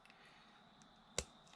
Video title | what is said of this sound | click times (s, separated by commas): BMW F36 Rear Pads And Rotors - 2018 440I Plus Many Others | this just pops right in | 1.2 s